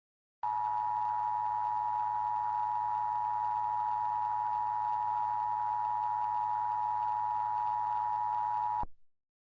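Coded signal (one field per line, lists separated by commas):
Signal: Emergency Alert System (SAME) tones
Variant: 853 and 960 Hz attention tone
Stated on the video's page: Fictional EAS scenario about a virus outbreak in Gastonia, not a real alert.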